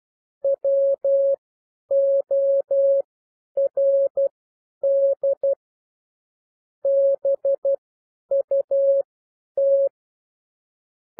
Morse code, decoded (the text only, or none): WORD BUT